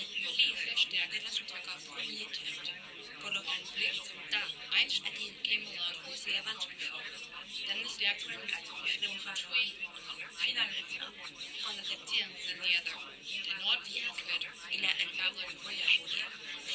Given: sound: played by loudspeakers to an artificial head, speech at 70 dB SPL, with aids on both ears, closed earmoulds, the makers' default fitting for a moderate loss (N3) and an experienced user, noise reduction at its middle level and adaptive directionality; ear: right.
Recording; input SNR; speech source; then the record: speech test signal (ISTS) in cocktail-party noise; -6 dB; on the right (90 degrees)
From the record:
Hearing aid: class 1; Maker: I